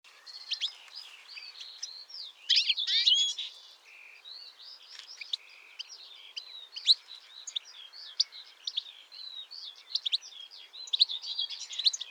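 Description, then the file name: European goldfinch calls and twittering: rapid high chirps, slurred notes and buzzy trills, clustered in bursts and continuing throughout. "Carduelis carduelis"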